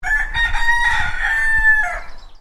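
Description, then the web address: Rooster crowing: one long, loud, harsh cock-a-doodle-doo that holds steady and then drops away at the end, with low rumbling noise underneath. "Tom Hutchings Cockerel Call"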